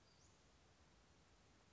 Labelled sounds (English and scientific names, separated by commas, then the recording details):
Western Flycatcher (Empidonax difficilis)
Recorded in Sonoma County, California